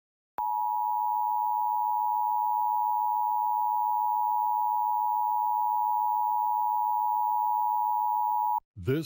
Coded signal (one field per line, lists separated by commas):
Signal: Emergency Alert System (SAME) tones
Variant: 853 and 960 Hz attention tone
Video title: Various Emergency Alert System (EAS) Tests - Month of 12/2021